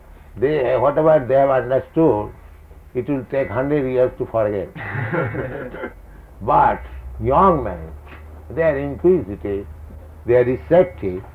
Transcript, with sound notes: They, whatever they have understood, it will take hundred years to forget. [laughter] But young men, they are inquisitive, they are receptive.